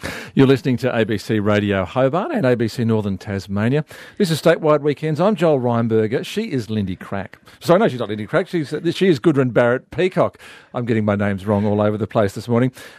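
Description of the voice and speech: A man speaks clearly and fluently in a radio studio, with a steady mid-low pitch, natural intonation and brief pauses between phrases. His voice is clear and steady, without hoarseness, breathiness or strain, an ordinary healthy speaking voice. He briefly corrects himself after misnaming his guest.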